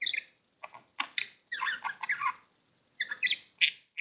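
Budgerigar chatter in quick bursts of warbled, buzzy notes and squeaks, with a pause before a final flurry of sharp high chirps.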